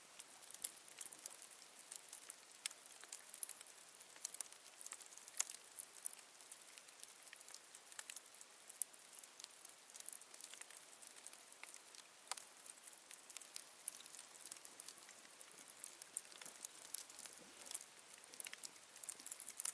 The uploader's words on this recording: Fire Crackling. One hour of fire sounds.